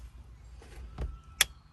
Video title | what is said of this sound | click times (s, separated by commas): HONDA Headliner removal EASY step by step, Paintless Dent Repair - Dent Baron Raleigh, NC | Apply pressure and swing it until you hear that click. | 1.4 s